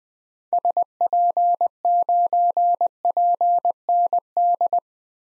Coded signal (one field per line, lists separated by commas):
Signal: Morse code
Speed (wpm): 21 wpm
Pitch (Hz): 700 Hz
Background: none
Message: SP9PND